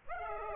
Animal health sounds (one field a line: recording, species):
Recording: mosquito wingbeat signal from an infrared sensor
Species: Aedes aegypti